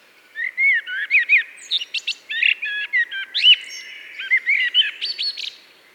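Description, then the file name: Eurasian blackbird calling with rapid fluty notes and thin high squeaks in quick succession for about five seconds, loud and clear against a still background. "Turdus merula"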